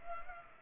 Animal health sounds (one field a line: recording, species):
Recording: mosquito wingbeat signal from an infrared sensor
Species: Culex pipiens